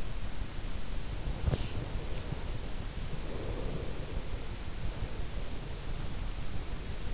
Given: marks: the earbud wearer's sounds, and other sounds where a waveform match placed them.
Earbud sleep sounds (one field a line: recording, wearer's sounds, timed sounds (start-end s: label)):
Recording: sounds in sleep by an in-ear microphone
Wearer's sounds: breath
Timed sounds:
1.48-4.65 s: breath